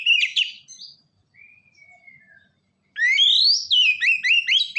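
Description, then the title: Oriental magpie-robin song: a brief scratchy burst, one soft drawn-out whistle, then a fast run of sweet rising and falling whistled notes. "kacer"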